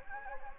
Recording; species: mosquito wingbeat signal from an infrared sensor; Anopheles gambiae